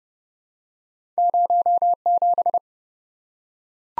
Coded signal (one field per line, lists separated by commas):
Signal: Morse code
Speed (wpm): 30 wpm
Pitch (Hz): 700 Hz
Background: none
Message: 07